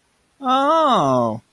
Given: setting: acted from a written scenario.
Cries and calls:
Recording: vocal sound without words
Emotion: realization

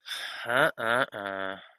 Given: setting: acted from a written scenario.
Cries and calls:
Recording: vocal sound without words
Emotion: disappointment

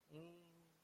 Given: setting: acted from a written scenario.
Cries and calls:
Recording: vocal sound without words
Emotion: embarrassment

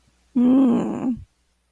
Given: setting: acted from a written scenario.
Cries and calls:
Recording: vocal sound without words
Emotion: desire

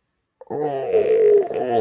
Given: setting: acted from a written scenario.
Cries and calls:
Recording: vocal sound without words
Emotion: pain

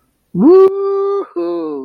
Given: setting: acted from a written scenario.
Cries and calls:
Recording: vocal sound without words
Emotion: positive surprise

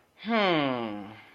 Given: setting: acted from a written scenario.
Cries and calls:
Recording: vocal sound without words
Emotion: confusion

